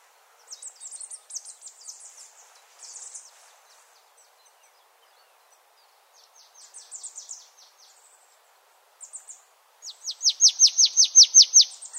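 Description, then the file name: Marsh Tit giving short bursts of quick, high chipping notes, quieter at first, then a loud run of about ten sharply falling notes near the end. "Poecile palustris"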